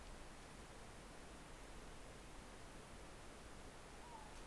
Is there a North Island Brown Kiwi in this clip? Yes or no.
no